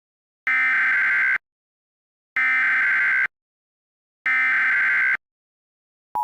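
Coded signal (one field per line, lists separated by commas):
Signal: Emergency Alert System (SAME) tones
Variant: header bursts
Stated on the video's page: Valid EAS tones in a fictional EAS scenario; the alert is simulated.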